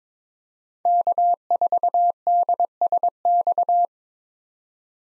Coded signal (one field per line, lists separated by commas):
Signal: Morse code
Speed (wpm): 22 wpm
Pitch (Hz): 700 Hz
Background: none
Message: K4DSX